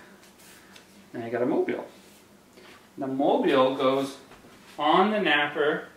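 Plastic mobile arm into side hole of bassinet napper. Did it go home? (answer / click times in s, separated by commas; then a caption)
no / none. A plastic mobile arm is handled and pressed toward a hole on the side of a Graco Pack n' Play Nearby Napper bassinet napper while someone talks. Only quiet handling noise is heard between the speech, and nothing has seated or clicked yet by the end of the clip.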